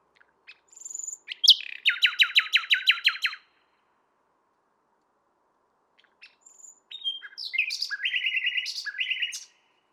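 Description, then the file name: Common nightingale song: two phrases with a pause between, each with a whistle and a rapid series of repeated buzzy notes. "Luscinia megarhynchos"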